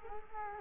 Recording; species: mosquito wingbeat signal from an infrared sensor; Culex quinquefasciatus